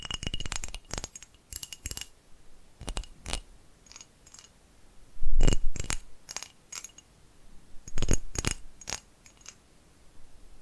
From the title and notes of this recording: ASMR Tapping Different Areas of Your Brain 3D Panning Triggers (No Talking).